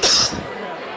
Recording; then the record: coughing mixed with background sound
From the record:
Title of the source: November cold (wet coughing)